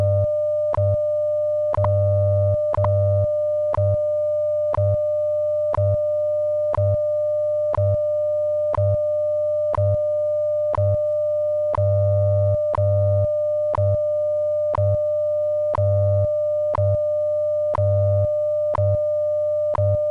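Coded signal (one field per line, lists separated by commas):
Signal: radio time signal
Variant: WWV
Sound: steady mid-pitched tone with a sharp tick each second and pulsing low hum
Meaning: Each tick marks one second over the standard audio tone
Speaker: at the tone 19 hours 1 minute coordinated Universal Time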